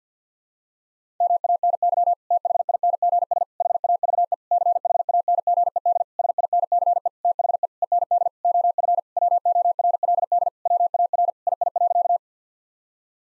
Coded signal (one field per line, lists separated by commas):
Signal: Morse code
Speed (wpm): 50 wpm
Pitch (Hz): 700 Hz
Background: none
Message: MANY THINGS HAVE CHANGED SINCE THE END OF WORLD WAR II.